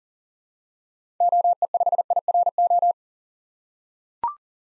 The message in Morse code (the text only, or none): OE5IRO